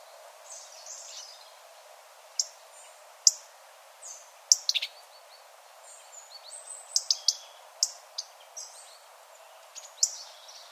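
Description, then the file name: European robin calls: sharp, high ticks scattered irregularly throughout, with a few faint thin whistles against a steady background hiss. "Erithacus rubecula"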